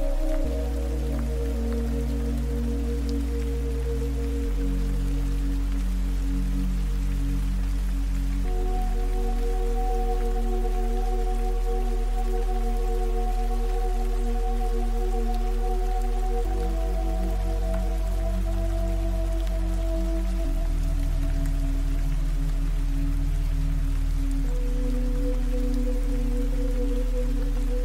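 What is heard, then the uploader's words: Soft rain patters steadily over a calm ambient music bed. Deep sustained chords shift every few seconds, around 4, 8, 16, 20 and 24 seconds, with gentle higher tones above. The mix stays even, with no sudden events. Rainy Ambiance Cozy Home Office. Set inside a cozy home office/library surrounded by books and rain while ambient serene music plays in the background.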